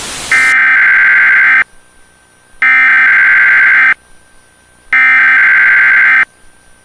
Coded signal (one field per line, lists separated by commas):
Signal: Emergency Alert System (SAME) tones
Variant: header bursts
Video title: EAS Scenario - Second 9/11 (9/11/2031)